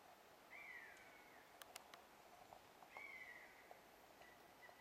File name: honey-buzzard hexhamshire 18 june 2010 2 anxiety whimper